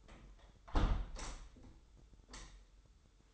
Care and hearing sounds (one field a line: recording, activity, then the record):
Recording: daily activity, microphone in the room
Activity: close window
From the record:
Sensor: 3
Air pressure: 995.7 hPa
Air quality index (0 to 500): 93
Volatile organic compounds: 11 ppm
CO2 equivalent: 2302 ppm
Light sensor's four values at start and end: 27/82/35/30 and 27/82/34/30